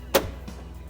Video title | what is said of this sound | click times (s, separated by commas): How To: K5 Filter Change | housing filter and just they snap right in place | 0.2 s